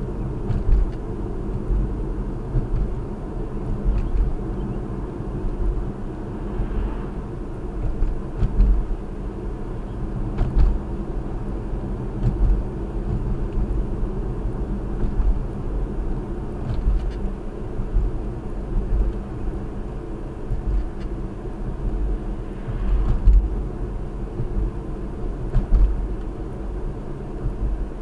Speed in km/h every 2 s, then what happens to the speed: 56, 56, 56, 56, 58, 58, 60, 60, 60, 60, 58, 58, 56, 56.
0-28 steady at about 58.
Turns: none.